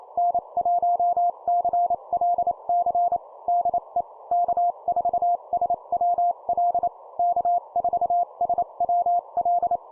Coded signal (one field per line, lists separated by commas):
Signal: Morse code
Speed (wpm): 28 wpm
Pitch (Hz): 700 Hz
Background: none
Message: N1CLC DE K4SWL K4SWL